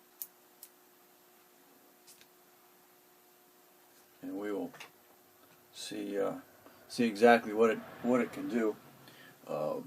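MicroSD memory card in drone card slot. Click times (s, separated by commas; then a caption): 0.2 s, 0.6 s. A microSD memory card is pushed into the drone's spring-loaded card slot to unlatch it. Sharp clicks are heard at 0.2 s and 0.6 s as the push-push latch releases the card, with a faint tick near 2.2 s, then someone talks.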